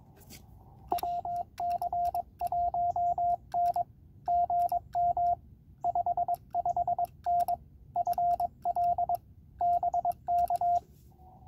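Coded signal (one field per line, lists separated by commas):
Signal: Morse code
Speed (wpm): 22 wpm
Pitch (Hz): 690 Hz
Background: radio noise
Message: WC1N GM 55N FL BK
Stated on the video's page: Penntek TR-45L CW memory function and notch filter.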